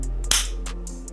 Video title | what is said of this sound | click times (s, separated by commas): DJI Mini Series Gimbal Camera Teardown & Reassembly: Works for Mini/Mini SE/Mini 2/Mini 2 SE/Mini 4K | Okay, there was a click. Then the bearing comes out | 0.3 s